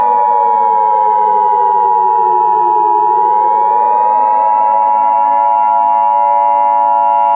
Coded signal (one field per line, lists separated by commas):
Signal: Emergency Alert System (SAME) tones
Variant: 853 and 960 Hz attention tone